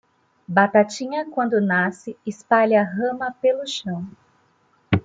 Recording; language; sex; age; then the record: short text; Brazilian Portuguese; female; 30 to 39 years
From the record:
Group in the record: control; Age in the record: 39 years